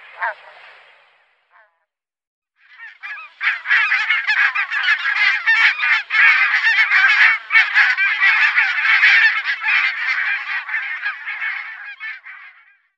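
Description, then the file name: Barnacle goose: barnacle geese calling, a few scattered yelps, then from about three seconds a continuous dense chorus of overlapping barking calls from many birds. "Vitkindad gas"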